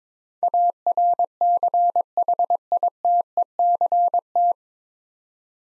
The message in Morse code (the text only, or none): ARCHITECT